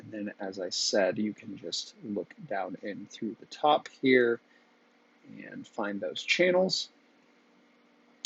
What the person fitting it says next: And it all snaps together and locks in place just like that.